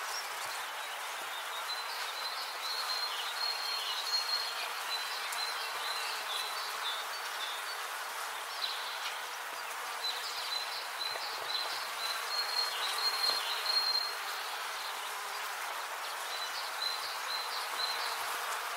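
A hive of bees hums steadily, a dense, even buzz that fills the clip without letting up. Birds chirp brightly over it in bursts, most clearly in the first third and again around the middle and near the end.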